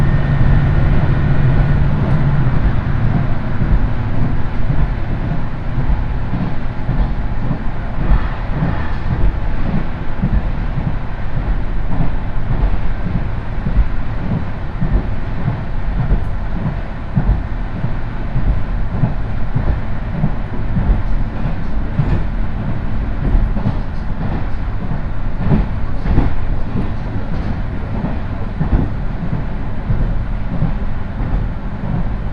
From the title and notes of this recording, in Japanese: 伊勢鉄道 四日市→津。四日市から河原田までの2駅はＪＲ区間に乗り入れ、あとは伊勢鉄道内を走ります。普通列車は１両のレールバスで数人程度の乗客ですが、土曜日ということもあり徐々に高校生が乗ってきたりと賑やかになってきます。